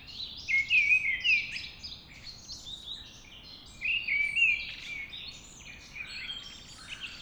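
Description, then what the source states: Mistle Thrush singing short wavering fluty phrases, two clear bursts separated by a pause, with fainter scratchy twittering in the gaps. Singing at dawn.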